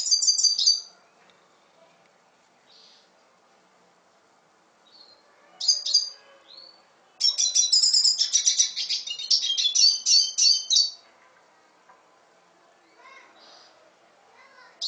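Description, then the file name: Red siskin song: short high twittered bursts, then a long fast buzzy trill of about four seconds, with faint chirps in between. "Canto del Cardenalito"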